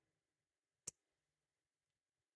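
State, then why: Seated. A plastic Gunpla leg part is pushed into a trio of slots in the leg frame and snaps home with one sharp, bright click at 0.9 s, otherwise near silence. The part is seated.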